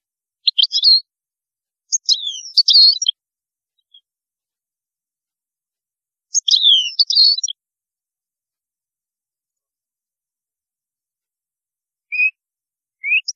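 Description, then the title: European goldfinch song in short twittering bursts, jangling high notes with slurred downward slides, spaced by long silent gaps, a few scattered notes near the end. "Chant Chardonneret"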